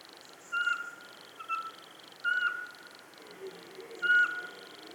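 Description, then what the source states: Eurasian pygmy owl repeating level whistled notes, four notes spaced irregularly, with faint pulsed buzzing in the background. Calling from the top of a spruce; 27 September 2017, nearly 8 pm, 12 degrees, foot of Pic de Bure, Dévoluy massif.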